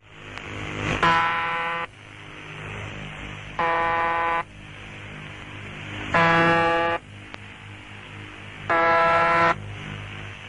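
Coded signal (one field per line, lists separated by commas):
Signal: channel marker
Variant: UVB-76 (The Buzzer)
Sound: four short harsh low buzzes, about 0.8 s each, repeating roughly every 2.5 seconds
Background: radio static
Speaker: partir de 1990, o bip foi substituído por uma espécie de campainha.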